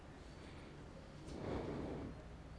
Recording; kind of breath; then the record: one breath in and out by a microphone near the nose and mouth; normal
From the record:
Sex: male